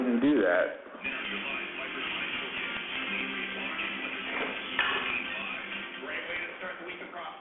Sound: television sounds